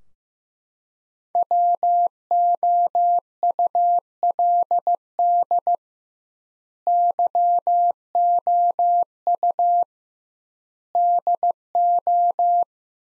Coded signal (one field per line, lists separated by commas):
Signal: Morse code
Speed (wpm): 15 wpm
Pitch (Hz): 700 Hz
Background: none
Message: WOULD YOU DO